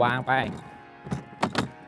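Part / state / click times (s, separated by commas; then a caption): stacking toolbox module onto the lower box / seated / 1.4 s, 1.6 s. A TOUGHBUILT StackTech plastic stacking toolbox module is set back onto the lower box after someone talks, with a soft thunk near 1.1 s. Two sharp clicks follow at 1.4 s and 1.6 s as it snaps into its locks and is seated.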